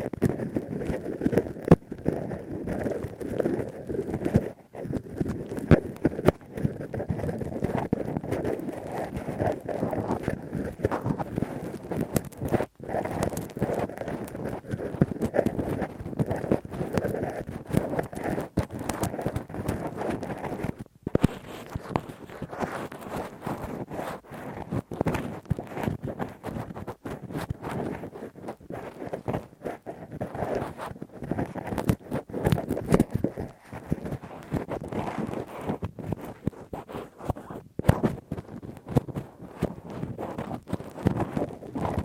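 Rough, deep ear cleaning with a Q-tip and ear pick: dense, rapid scratching and rubbing throughout, with brief silent gaps.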